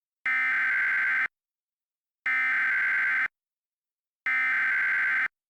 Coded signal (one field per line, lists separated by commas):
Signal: Emergency Alert System (SAME) tones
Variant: header bursts